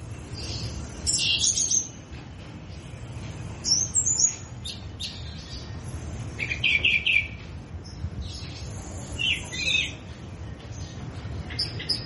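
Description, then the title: Orange-headed thrush singing in several spaced bursts, the first ones high and squeaky, the later ones lower. Recording said to make any Orange-headed Thrush respond. "Anis Merah Ring Balox"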